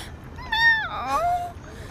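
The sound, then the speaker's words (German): A human voice imitates a cat's meow, a single drawn-out call that rises, dips and then slides down into a steady tone, heard alone over faint background hiss. “Das war wirklich nicht nett von mir. Miau.”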